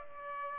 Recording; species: mosquito wingbeat signal from an infrared sensor; Aedes aegypti